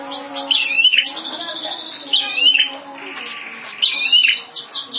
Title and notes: Suara Kicau Burung Prenjak Lengkap dan Ngerol